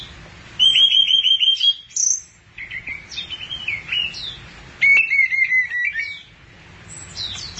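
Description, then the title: Thrush song with fast rattling trills of repeated notes, two loud bursts near the start and middle, mixed with buzzy slurred phrases. "burung anis x"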